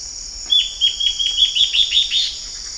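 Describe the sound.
Bird uttering a hurried series of thin, high chirps, each dropping sharply, gradually accelerating and rising, over an unbroken shrill insect hum.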